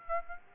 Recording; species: mosquito wingbeat signal from an infrared sensor; Aedes aegypti